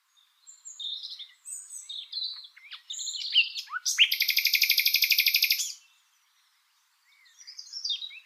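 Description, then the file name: Common nightingale song, varied whistles and chirps building into a loud, fast, machine-like trill lasting about two seconds, then silence and a new soft phrase. "Luscinia megarhynchos"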